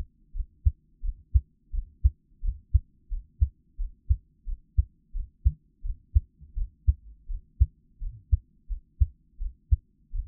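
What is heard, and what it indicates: Steady, low, muffled thumps in lub-dub pairs at about 86 beats a minute, with an even rhythm and no talking. These are an adult's ordinary heart sounds, the person's own heartbeat, recorded close up as Taiwanese ASMR for relaxation listening.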